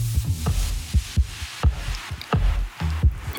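A human heartbeat pulses in a steady rhythm, each beat a deep, muffled thump repeating under a second apart, fairly loud with a soft rushing background and no voices.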